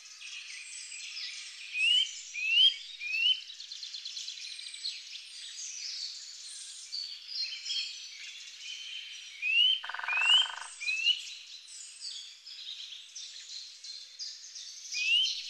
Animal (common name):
Eurasian Nuthatch